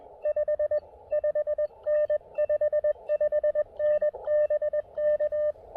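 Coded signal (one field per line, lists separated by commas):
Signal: Morse code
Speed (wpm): 20 wpm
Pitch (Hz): 590 Hz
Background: radio noise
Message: 5 5N 55N BK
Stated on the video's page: QRP POTA park activation with an Elecraft KX2.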